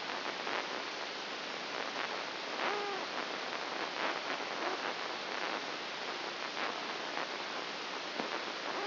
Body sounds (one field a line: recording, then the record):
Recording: brain microelectrode recording played as sound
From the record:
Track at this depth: inside the subthalamic nucleus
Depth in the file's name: 3.002 mm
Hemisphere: right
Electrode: 2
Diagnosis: Parkinson's disease